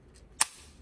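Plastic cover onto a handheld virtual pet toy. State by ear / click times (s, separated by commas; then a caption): seated / 0.4 s. A plastic friend-mode cover is placed over a handheld digital pet toy and pressed down until it snaps into place with a sharp click at 0.4 seconds, preceded by a faint rustle. The cover is seated, and the toy switches to friend mode.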